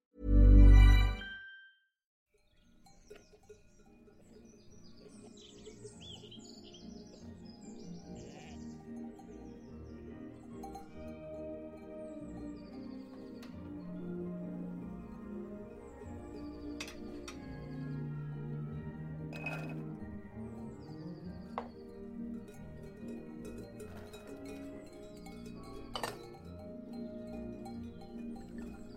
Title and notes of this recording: Vintage kitchen ASMR Ambience | cooking with oldies playing. Granny is cooking in the kitchen while oldies music playing from living room